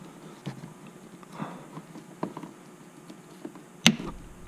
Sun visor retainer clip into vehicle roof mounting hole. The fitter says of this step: okay there's that snap man that's pretty solid